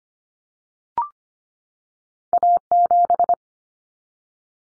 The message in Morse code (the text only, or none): A7